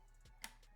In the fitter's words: will lock it in place. And now we've just installed an M.2 SSD.